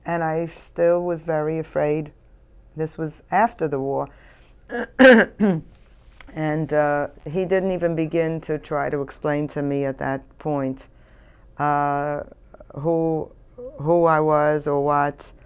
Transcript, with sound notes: And I still was very afraid, this was after the war. (She clears her throat.) And he didn't even begin to try to explain to me, at that point, who I was or what.